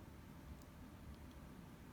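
A plastic angle-restriction clip for a Salice soft-close cabinet hinge is placed at the very front of the closed hinge and lined up before being pressed in. Only a steady low background rumble with a few faint, light ticks is heard. The clip has not been pressed in or clicked into place yet.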